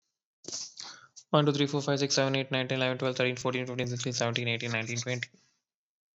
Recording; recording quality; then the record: counting at a fast pace; excellent, no background noise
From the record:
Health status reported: COVID-19 positive, mild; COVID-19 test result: positive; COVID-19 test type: RT-PCR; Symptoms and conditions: cough, cold, fever, fatigue, muscle pain, loss of smell and taste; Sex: male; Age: 27 years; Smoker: no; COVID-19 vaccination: both doses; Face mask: not worn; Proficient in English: yes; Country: India